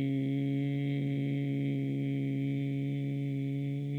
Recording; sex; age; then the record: sustained vowel /i/; male; 40 to 49 years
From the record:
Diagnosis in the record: healthy control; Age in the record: 41 years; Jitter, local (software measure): 0.50%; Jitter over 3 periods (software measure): 0.28%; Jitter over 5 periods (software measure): 0.32%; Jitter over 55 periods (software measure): 0.54%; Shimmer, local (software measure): 3.2%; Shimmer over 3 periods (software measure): 1.7%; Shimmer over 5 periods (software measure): 2.0%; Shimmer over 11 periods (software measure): 2.7%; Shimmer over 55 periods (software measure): 4.2%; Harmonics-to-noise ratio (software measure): 17.5 dB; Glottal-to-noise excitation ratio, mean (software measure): 0.90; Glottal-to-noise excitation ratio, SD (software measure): 0.026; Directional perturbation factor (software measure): 68.8%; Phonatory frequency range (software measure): 0.10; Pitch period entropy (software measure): 1.57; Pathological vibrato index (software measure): 0.33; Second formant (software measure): 2263 Hz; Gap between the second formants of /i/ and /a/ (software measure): 801 Hz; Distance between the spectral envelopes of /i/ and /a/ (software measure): 10.5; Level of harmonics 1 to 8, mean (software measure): -46.8, -2.2, -24.2, -3.8, -30.4, -16.5, -37.2, -24.4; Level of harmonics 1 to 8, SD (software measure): 5.1, 0.6, 6.3, 2.0, 7.5, 1.4, 7.8, 1.9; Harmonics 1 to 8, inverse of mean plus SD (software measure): 0.019, 0.355, 0.033, 0.174, 0.026, 0.056, 0.022, 0.038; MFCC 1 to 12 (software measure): -0.8, 23.2, -0.7, -22.5, 1.4, 3.5, -13.0, -0.6, -8.6, -4.6, 4.9, -3.2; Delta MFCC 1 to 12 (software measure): 0.004, 0.014, 0.000, -0.013, 0.012, 0.017, -0.009, -0.002, 0.004, 0.015, -0.007, -0.009